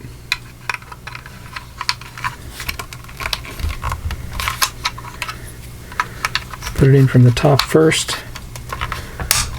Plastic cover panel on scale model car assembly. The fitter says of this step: snap right in